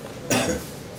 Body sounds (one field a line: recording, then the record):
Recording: coughing mixed with background sound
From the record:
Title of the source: Spring Cold Coughing 3